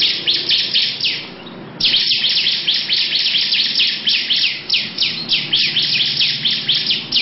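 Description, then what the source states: Lovebird delivering a quick series of harsh chattering notes, with a brief quieter pause early on, then continuing loud and steady. Long "ngekek panjang" song.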